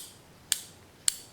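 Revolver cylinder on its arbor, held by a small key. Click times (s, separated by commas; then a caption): 0.5 s, 1.1 s. A Pietta Colt Patterson .36 caliber revolver cylinder is rotated on its arbor until a small steel key lines up with a notch in the cylinder. Two sharp, bright metallic clicks ring out at 0.5 s and 1.1 s over quiet background. The cylinder is locked in place on its arbor.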